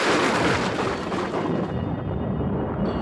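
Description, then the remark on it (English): A loud, sustained crash of thunder outside a house, rumbling continuously for about three seconds, broad and booming, its bright upper crackle fading away toward the end while the deep roll persists. “Thunder crashed outside the house, and the Otises heard a dreadful cry.”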